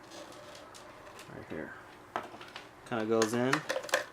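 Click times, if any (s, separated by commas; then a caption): none. A plastic component of a Fluval Aquaclear 50 hang-on-back aquarium filter is handled and pushed toward the filter frame while someone talks. Brief light plastic taps are heard near 2.2 s and 3.9 s. The part has not seated or clicked into place yet.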